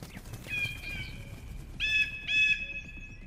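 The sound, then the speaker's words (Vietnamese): A grey eagle, having landed and folded its wings, lifts its head to the sky and screeches in long, piercing, high-pitched cries: one drawn-out call, then two more that swell and run together, over a low rumbling background. “Nó thu sải cánh lại rồi ngước đầu lên bầu trời, kêu lên những âm thanh đầy chói tai gai người.”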